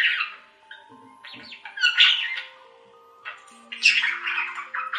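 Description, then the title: Budgerigar calls, a few scratchy squawks and chirps in short separate bursts with quiet spells between. "Budgie Sounds"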